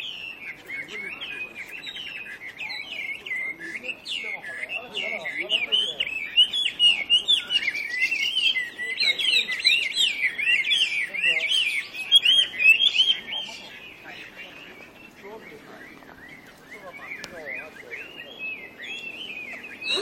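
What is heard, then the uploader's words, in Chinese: Birds sing in Huaihai Park, a dense, overlapping chorus of quick chirps and twittering trills that runs without pause. The calls are high and bright, swelling to their busiest between about seven and thirteen seconds, then easing to a softer, thinner chatter. 鸟鸣声声。淮海公园的鸟鸣声。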